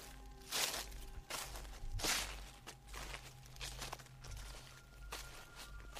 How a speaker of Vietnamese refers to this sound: Lần này A Nùng còn nghe cả tiếng bước chân tựa như đang đi lại trên mái, cứ sột soạt chậm rãi.